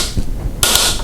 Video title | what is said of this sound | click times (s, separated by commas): Yakima Baseline & JetStream Roof Rack Installation | then you turn it until you hear a click | 0.6 s